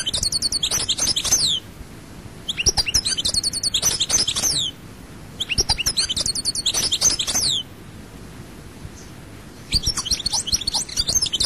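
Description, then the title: European goldfinch delivering repeated bursts of sparkling, rapid twittering notes, each about two seconds long, with short gaps between them. "Chant Chardonneret"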